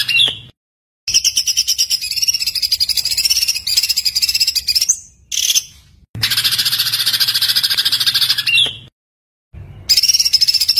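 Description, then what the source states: White-eye song: rapid, buzzy, high, pulsing trills in long bursts broken by abrupt silent gaps. Training recording of continuously singing (gacor) white-eye song with rapid bursts (tembakan).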